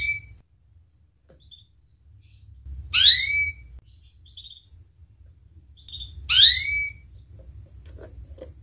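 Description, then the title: Canary calls, two short bright chirps with sweeping downward harmonics about three seconds apart, with a faint low hum underneath. Kenari described as gacor (singing energetically), with its best cengkok (song ornamentation) and richest isian (fill-in phrases); Indonesian kicaumania songbird hobby. "Kenari Gacor Cengkok Terbaik Isian Paling Mewah Kenarigacor Kicaumania Kenari"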